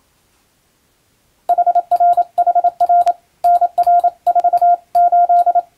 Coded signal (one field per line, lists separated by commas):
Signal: Morse code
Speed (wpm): 27 wpm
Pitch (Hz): 700 Hz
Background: none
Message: HRHR NR48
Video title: モールス符号を使った無線通信！今でもあります！国家試験があります、練習風景です。アマチュア無線の受信トレーニングに、YouTubeの再生速度を設定して聞こう！ morse code practice